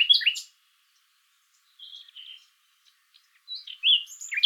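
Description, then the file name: Common nightingale giving short bursts of sharp, varied notes and brief whistles, with a long pause in the middle and a louder burst near the end. "Luscinia megarhynchos"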